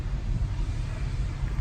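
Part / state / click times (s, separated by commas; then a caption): gas lift support socket onto ball stud of frunk hood mount / not seated / none. A pneumatic gas lift support socket is rotated and lined up over the ball stud of the frunk hood mount on a Tesla Model 3, ready to be pressed home. Only a steady, low rumbling noise is heard throughout, and nothing has seated or clicked yet.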